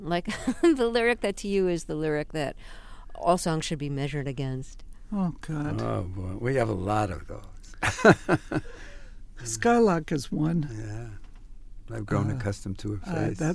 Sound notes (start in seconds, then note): 0.2 soundbite of laughter; 7.8 soundbite of laughter